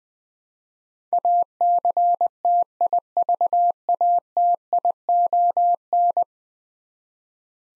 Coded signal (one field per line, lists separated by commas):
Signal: Morse code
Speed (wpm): 21 wpm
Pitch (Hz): 700 Hz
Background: none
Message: ACTIVATION